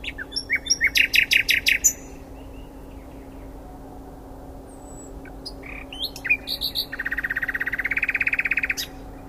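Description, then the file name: Common nightingale song: a rapid run of repeated loud notes, a pause, then short varied phrases ending in a long fast rattling trill, with a steady low hum underneath. "Luscinia megarhynchos"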